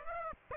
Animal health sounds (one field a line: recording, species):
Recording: mosquito wingbeat signal from an infrared sensor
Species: Aedes aegypti